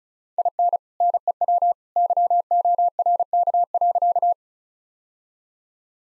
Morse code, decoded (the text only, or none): IN NEW YORK.